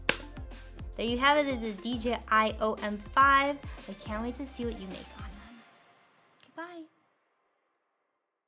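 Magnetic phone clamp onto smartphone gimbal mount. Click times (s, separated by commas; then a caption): 0.1 s. A magnetic phone clamp is snapped onto the magnetic mount of a DJI OM 5 smartphone gimbal, giving a sharp snap at 0.1 s and seating in place. Someone then talks over music, which fades out before a brief final vocal sound.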